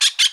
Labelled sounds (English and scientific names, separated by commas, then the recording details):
Brown-throated Parakeet (Eupsittula pertinax) contact call
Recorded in Bonaire
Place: 1 km E of roosting area just N of Seru Largu
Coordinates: 12.199, -68.268